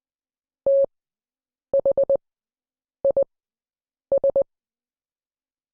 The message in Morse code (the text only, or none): THIS